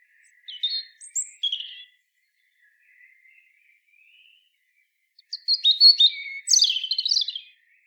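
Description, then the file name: European robin singing clear high twittering phrases, a brief trill-like opening, a pause with faint notes, then a longer, richer jumble of sliding whistles. "Erithacus rubecula"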